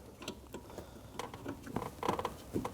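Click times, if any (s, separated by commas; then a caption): none. A plastic fog light wiring connector is reached for behind the pried-out front bumper cover of a 2011-2016 Kia Optima and handled toward the fog lamp socket. Soft ticks and light plastic rattles are heard, with a few sharper taps around 2.1 and 2.25 seconds. Nothing has seated or clicked yet.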